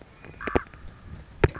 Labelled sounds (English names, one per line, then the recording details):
Common Raven
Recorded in Sonoma County, California